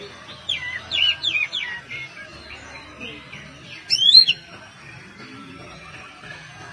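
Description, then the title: Oriental magpie-robin song: a quick run of chattering whistled notes, then a louder rising and falling whistle near four seconds, before fading to quiet. "Kacer"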